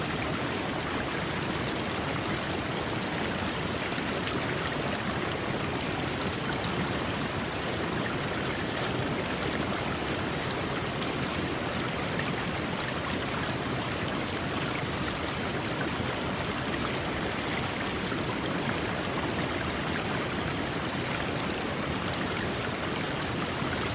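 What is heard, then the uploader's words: Water flows in a steady, dense rush, a constant hiss with fine bubbling texture that never changes across the whole stretch. Relaxing Sound of Water Flowing.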